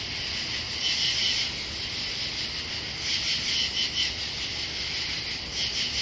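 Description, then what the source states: Katydid song of scratchy pulse bursts over a steady insect chorus, clusters around one, four and six seconds. Katydids recorded in Pennsylvania.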